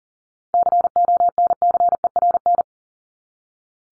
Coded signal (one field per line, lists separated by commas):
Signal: Morse code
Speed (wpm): 40 wpm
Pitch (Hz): 700 Hz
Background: none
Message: CONCERN